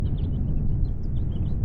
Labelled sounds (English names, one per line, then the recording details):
House Finch song
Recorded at Lawrence on Long Island, New York, on 4 June 1975
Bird C